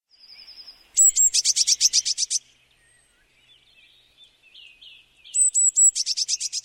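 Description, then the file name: Eurasian blue tit with high piercing notes leading into a buzzy, fast trill, sung twice with soft twittering between the phrases. "Blaumeise"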